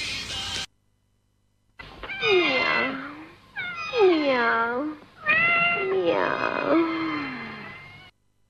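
After a short burst of noise and a pause, a cat lets out three long, drawn-out meows in a row, each one loud and wavering before sliding down in pitch, the last the longest.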